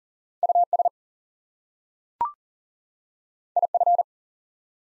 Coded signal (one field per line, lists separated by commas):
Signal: Morse code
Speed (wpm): 40 wpm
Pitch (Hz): 700 Hz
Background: none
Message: US IF